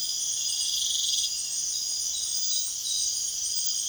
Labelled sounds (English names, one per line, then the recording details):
none
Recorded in pastures near Puerto Asís, Putumayo, Colombia, on 22 June 2025 at 23:30
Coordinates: 0.502, -76.324
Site G010